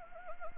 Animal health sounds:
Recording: mosquito wingbeat signal from an infrared sensor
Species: Anopheles arabiensis

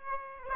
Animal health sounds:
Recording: mosquito wingbeat signal from an infrared sensor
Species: Aedes aegypti

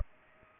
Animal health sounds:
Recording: mosquito wingbeat signal from an infrared sensor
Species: Culex pipiens

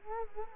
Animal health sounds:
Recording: mosquito wingbeat signal from an infrared sensor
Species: Culex quinquefasciatus

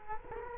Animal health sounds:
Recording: mosquito wingbeat signal from an infrared sensor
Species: Culex quinquefasciatus

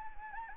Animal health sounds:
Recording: mosquito wingbeat signal from an infrared sensor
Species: Anopheles arabiensis

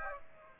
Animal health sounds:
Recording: mosquito wingbeat signal from an infrared sensor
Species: Aedes aegypti

